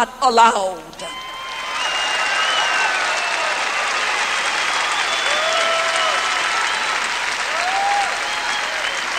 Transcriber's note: applause